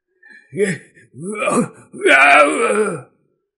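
A voice imitating the roar of a large, tall jiangshi zombie: three drawn-out, moaning groans with a rising-then-falling pitch, the last one the longest and loudest, wordless and without syllables.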